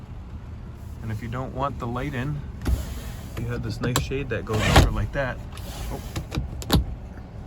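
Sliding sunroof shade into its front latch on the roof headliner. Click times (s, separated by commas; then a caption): 6.7 s. Someone talks while sliding the moonroof sunshade of a 2021 Buick Enclave Avenir across the roof opening toward its front latch on the headliner, with soft sliding sounds under the talk. A few sharp taps come near the end, and the loudest, at 6.7 s, is the shade latching closed and seated in place.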